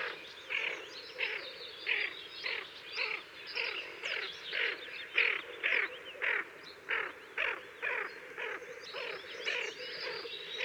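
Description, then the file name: Tufted duck giving harsh, rasping growl notes in a steady series, about two per second, throughout. "Kuifeend Aythya fuligula"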